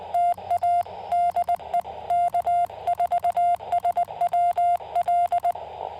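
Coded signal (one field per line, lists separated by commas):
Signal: Morse code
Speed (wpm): 20 wpm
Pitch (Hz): 700 Hz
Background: none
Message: TA DE K4SWL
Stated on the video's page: QRP Parks on the Air activation with a Yaesu FT-818ND into a 40-meter end-fed half-wave Spooltenna, keyed with a BaMaKeY TP-III.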